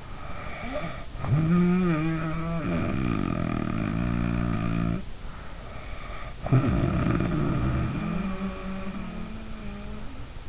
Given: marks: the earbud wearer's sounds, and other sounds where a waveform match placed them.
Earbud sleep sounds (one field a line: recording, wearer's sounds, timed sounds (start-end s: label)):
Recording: sounds in sleep by an in-ear microphone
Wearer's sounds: snoring breath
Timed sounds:
0.00-5.09 s: snoring breath
5.22-10.49 s: snoring breath